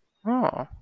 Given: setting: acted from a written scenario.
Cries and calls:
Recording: vocal sound without words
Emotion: realization

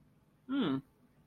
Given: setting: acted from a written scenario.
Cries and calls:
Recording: vocal sound without words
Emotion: neutral

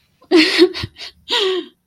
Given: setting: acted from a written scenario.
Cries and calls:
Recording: vocal sound without words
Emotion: distress

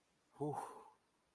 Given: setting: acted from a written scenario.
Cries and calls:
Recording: vocal sound without words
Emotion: ecstasy

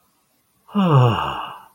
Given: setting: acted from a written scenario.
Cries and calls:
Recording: vocal sound without words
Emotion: ecstasy

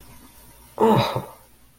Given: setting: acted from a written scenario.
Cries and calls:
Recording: vocal sound without words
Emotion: realization

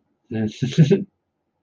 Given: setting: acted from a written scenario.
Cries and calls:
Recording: vocal sound without words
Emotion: amusement

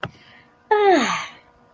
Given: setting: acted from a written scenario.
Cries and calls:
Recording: vocal sound without words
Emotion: ecstasy

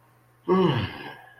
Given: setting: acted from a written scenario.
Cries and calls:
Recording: vocal sound without words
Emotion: contentment

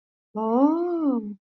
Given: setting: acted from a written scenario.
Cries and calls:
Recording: vocal sound without words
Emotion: realization

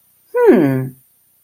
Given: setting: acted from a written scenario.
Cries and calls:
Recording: vocal sound without words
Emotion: interest

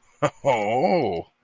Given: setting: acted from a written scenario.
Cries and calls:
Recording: vocal sound without words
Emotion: interest

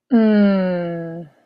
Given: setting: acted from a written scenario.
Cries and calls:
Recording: vocal sound without words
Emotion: realization

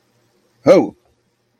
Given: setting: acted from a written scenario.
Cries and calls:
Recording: vocal sound without words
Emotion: fear

